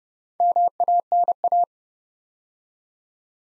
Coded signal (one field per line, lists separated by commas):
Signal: Morse code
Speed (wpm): 29 wpm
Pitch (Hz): 700 Hz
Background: none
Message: MANA